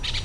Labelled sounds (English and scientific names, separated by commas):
Brown-throated Parakeet (Eupsittula pertinax) contact call